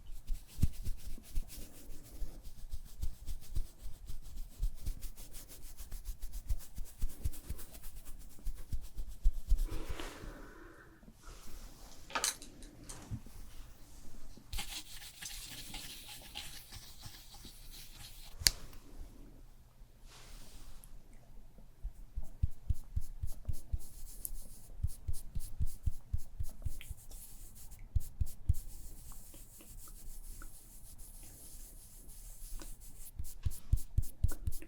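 Fast, aggressive makeup ASMR sounds: dense rubbing, brushing and scratching taps layered throughout, with a brief quieter stretch near ten seconds.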